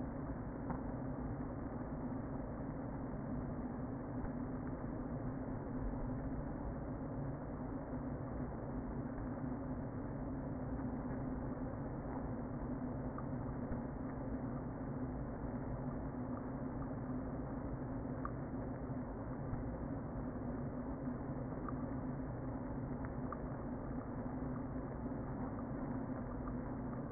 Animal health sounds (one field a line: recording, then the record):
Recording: honeybee colony, microphone inside the hive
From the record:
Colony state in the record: queen present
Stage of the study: before two queens were removed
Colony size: about 60,000 bees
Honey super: yes